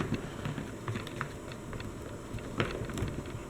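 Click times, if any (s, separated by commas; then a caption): none. A plastic trigger part is handled and pressed toward the pivot holes of a Husky 1750 pressure washer wand handle during an O-ring fix. Small sharp ticks and taps over a steady hiss are heard, the strongest near 1.2 s and 2.6 s. The part has not snapped into place yet, and nothing has seated or clicked.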